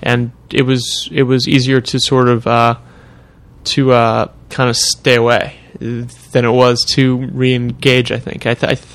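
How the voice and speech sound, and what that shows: Adult man who stutters, speaking haltingly, with a repeated phrase, stretched sounds and long pauses: mild stuttering.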